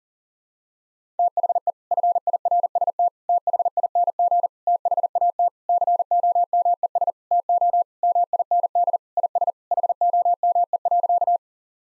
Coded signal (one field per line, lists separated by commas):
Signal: Morse code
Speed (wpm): 37 wpm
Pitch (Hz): 700 Hz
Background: none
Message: THE FIRST THING THAT COMES TO MIND IS HOME.